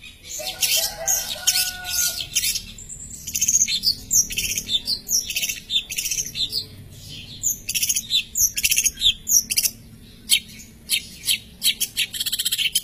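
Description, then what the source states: Long-tailed shrike song: a varied, scratchy stream of high chattering notes and quick squeaky phrases, opening with a few lower whistled tones, pausing and resuming in bursts. Champion bird.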